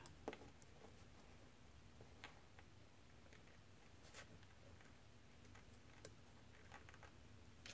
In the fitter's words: And now these snap right in as they're supposed to.